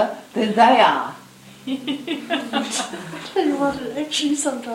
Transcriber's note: laughter